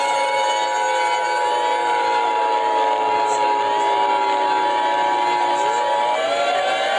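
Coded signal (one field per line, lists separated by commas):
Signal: Emergency Alert System (SAME) tones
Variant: 853 and 960 Hz attention tone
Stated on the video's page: Fictional EAS scenario; simulated alert tones.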